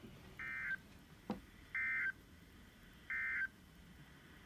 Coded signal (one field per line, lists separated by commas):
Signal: Emergency Alert System (SAME) tones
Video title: Unexpected captures from 6/25/20 EAS# 102-107